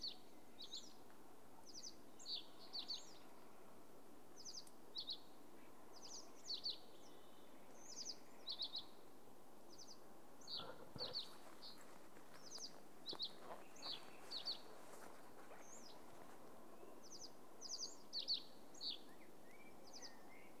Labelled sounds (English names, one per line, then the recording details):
Fire-Bellied Toad call
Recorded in the wild
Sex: male
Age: adult
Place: Bernau bei Berlin, Barnim, Brandenburg, DE
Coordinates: 52.6658, 13.6145
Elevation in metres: 77
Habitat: pond
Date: 2019-04-30 20:28
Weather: 15°C, clear, almost windless
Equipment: Zoom H4nSP
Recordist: Frommolt, Karl-Heinz